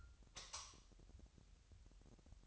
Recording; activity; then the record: daily activity, microphone in the room; light off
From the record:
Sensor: 3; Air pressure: 1001.9 hPa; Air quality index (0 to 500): 245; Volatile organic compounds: 47 ppm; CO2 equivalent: 3249 ppm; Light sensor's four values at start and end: 11/32/13/12 and 6/13/5/6